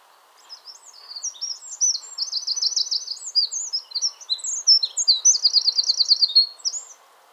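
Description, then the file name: Eurasian wren song, a vigorous high-pitched warble of quick notes and two dry rattling trills, lasting about six seconds. "Troglodytes troglodytes"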